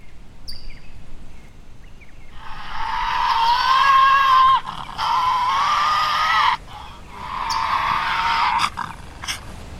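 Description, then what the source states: Tasmanian devil crying: three long, harsh, rasping screeches with a strained tonal edge, the first the loudest. Cry described as heart-stopping.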